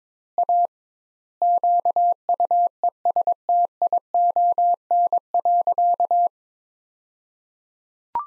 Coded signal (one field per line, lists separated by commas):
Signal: Morse code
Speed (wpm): 22 wpm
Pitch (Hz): 700 Hz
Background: none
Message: A QUESTION.